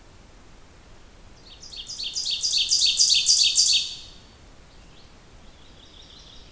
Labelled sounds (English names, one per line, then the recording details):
Ovenbird song
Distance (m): 10 m
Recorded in boreal forest in Alberta, Canada, on 28 June 2016 at 08:32
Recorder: SongMeter 3, array SBT-6-79
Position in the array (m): 36 m, 127 m
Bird 40